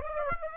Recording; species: mosquito wingbeat signal from an infrared sensor; Aedes aegypti